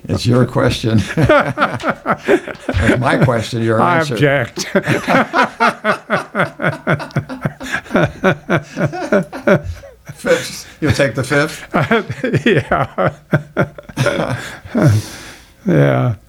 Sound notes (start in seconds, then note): 0.3 laughing; 4.6 laughing